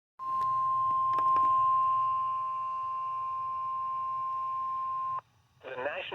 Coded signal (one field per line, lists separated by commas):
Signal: Emergency Alert System (SAME) tones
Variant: 1050 Hz attention tone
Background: speech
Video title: Special Marine Warning on KEC-60 (EAS #110)